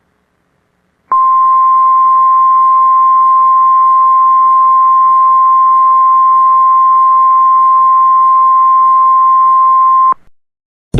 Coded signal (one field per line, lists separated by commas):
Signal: Emergency Alert System (SAME) tones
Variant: 1050 Hz attention tone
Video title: EAS Mock: Tornado Watch #657 for Saint Pauls, NC (Not Real, it's fake) (1/17/2018)